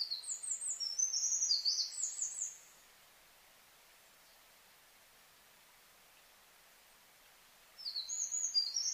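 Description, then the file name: Eurasian wren singing a rapid high trilling phrase for over two seconds, a long pause, then another fast burst of high notes begins. Recorded 4 March 2007 at 13:27. "misosazai 20070304"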